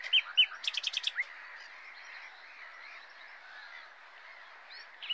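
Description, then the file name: Common nightingale gives a short burst of chirps and a quick run of sharp clicking notes, then faint background bird chatter continues. "Luscinia megarhynchos"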